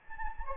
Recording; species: mosquito wingbeat signal from an infrared sensor; Anopheles gambiae